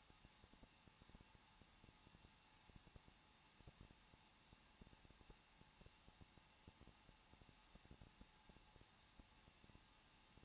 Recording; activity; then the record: daily activity, microphone in the room; no activity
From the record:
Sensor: 1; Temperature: 20.1 degrees Celsius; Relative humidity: 39.1%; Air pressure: 1006.4 hPa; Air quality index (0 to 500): 216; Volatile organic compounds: 74 ppm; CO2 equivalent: 3558 ppm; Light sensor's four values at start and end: 1/2/1/1 and 1/2/1/1